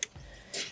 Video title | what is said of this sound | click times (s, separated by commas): Quest Outdoors Grill Table 5 | before all right so tables locked into place so now we're going to open up the legs | 0.0 s